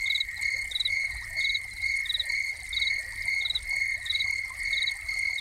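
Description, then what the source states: Cricket chorus with an unbroken shrill trill and regularly spaced higher chirps, set against a constant wash of falling water. Soundscape of crickets with a fountain.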